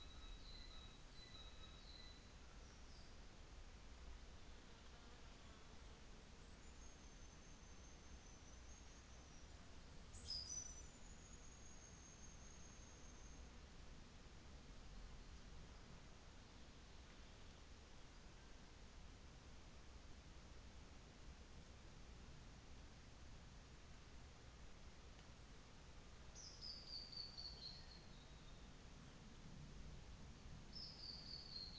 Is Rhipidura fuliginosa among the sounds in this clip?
yes